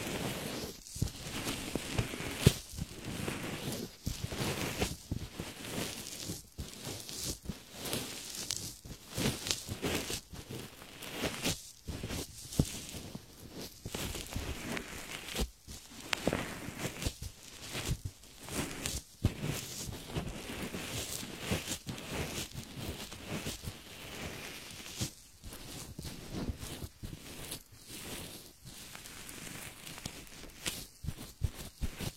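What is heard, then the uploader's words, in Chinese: An ear massage: dense, scratchy rubbing and crackling fill the sound almost without pause, bright and hissy up top with some low thumping. Brief dips in the rubbing come irregularly every second or two, and the texture stays steady throughout. 耳朵按摩。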